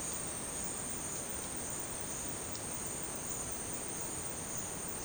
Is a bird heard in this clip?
no